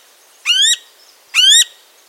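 Crimson-mantled Woodpecker giving two loud, harsh, slightly rising squawks, each lasting about a third of a second, under a second apart.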